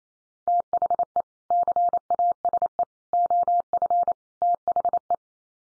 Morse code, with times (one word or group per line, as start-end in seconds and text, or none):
0.5-1.2 THE
1.5-2.8 CASE
3.1-4.1 OF
4.4-5.1 THE